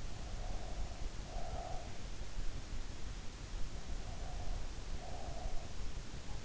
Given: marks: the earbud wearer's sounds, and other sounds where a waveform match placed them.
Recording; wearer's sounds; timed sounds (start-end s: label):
sounds in sleep by an in-ear microphone; breath
0.20-2.07 s: breath
3.82-5.76 s: breath